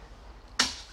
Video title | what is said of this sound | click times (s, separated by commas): 🚜🇮🇪 VOGELSANG Demo Trailer! Repair & Maintenance Demonstration! Agriality Series: Ep. 1 | so you'll hear the latch i'm doing itself there i | 0.6 s